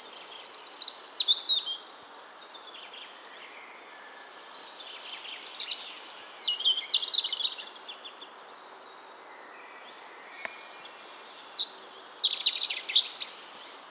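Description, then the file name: European robin song: high, thin, scratchy warbled phrases with rapid jumbled notes, separated by pauses of several seconds. "Erithacus rubecula"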